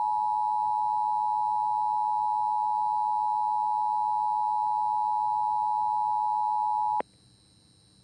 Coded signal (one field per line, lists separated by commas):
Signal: Emergency Alert System (SAME) tones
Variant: 853 and 960 Hz attention tone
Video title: EAS SCENARIO #2: Obliterated, Gone. (A SWS SCENARIO)